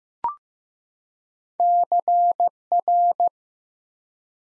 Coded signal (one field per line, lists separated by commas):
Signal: Morse code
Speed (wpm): 15 wpm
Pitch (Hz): 700 Hz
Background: none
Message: CR